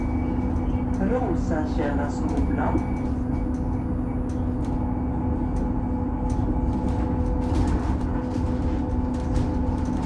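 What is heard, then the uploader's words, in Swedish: A bus ride, with a steady low engine rumble and a constant drone holding through all ten seconds. Brief voices surface early, around the first three seconds, and scattered clicks and rattles tick through the ride. Lyssna in Min Bussresa - Lunchtid klockan 11:29.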